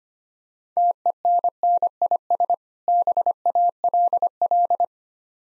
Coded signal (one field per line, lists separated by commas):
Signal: Morse code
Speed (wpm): 25 wpm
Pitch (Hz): 700 Hz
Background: none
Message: TENNIS BALL